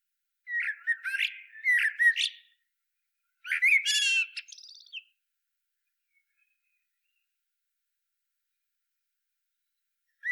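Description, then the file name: Eurasian blackbird giving two bursts of squeaky, squawky notes, then several seconds of silence before another sound begins. "Turdus merula"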